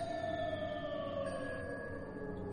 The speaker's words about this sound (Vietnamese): Hắn vui mừng hô lên, sau đó ngửa cổ hú lên những tiếng dài.